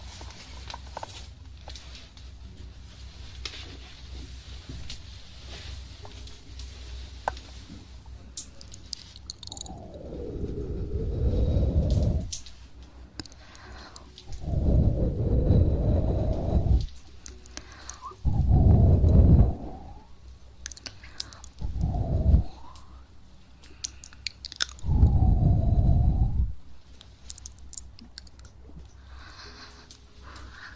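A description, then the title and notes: Ear cleaning and ear massage, opening with about nine seconds of quiet faint ticks and rustles. From around ten seconds, five deep muffled rubbing bursts arrive every few seconds, each one to three seconds long, with soft crackles between them. ASMR Ear cleaning & Ear massage.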